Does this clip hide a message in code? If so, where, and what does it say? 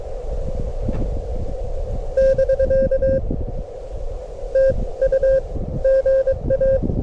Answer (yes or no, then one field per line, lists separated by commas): yes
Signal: Morse code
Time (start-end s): 2.2-6.8 s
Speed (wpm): 22 wpm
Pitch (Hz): 1600 Hz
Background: none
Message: <BK> TU GA